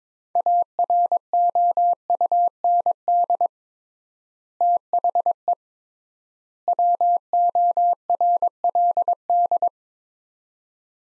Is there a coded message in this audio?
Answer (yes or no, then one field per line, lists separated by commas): yes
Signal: Morse code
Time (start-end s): 0.4-9.7 s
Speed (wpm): 22 wpm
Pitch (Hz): 700 Hz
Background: none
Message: AROUND THE WORLD